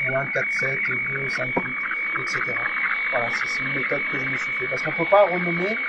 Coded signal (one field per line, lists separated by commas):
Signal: weather fax (radiofax)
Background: speech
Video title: TUTO: Recevoir météo marine gratuite dans le monde avec radio BLU (SSB) carte synoptique radiofax